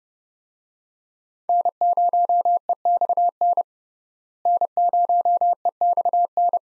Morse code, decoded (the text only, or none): N0EXN N0EXN